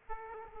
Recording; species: mosquito wingbeat signal from an infrared sensor; Aedes aegypti